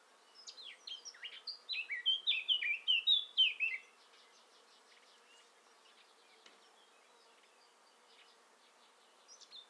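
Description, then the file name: Eurasian blackcap song: a warble of clear sliding notes growing louder for about three and a half seconds, then a faint, soft buzzy ticking and a few quiet notes at the end. "Sylvia atricapilla"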